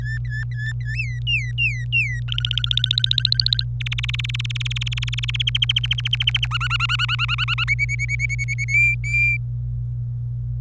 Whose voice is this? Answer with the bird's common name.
Domestic Canary